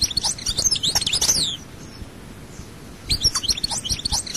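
European goldfinch singing two short bursts of bright, jangling twitters, separated by a pause of about a second and a half.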